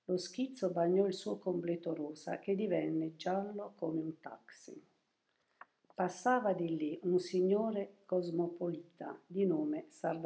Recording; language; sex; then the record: read passage; Italian; female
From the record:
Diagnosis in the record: healthy control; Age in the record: 72 years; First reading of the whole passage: 67 s, 7.5 characters per second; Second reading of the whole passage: 67 s, 7.5 characters per second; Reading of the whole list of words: 68 s, 4.2 characters per second